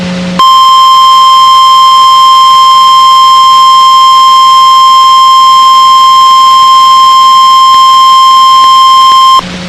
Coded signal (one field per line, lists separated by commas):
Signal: Emergency Alert System (SAME) tones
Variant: 1050 Hz attention tone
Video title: Six Severe Thunderstorm Warnings (EAS 2328-2333) 6/10/23